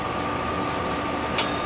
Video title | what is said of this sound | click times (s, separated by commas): J1000 Installation and Operation | goes in to that location you'll hear it click the | 1.4 s